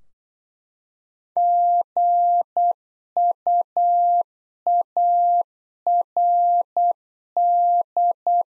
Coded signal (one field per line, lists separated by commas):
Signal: Morse code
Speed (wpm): 8 wpm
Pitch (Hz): 700 Hz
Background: none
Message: GUARD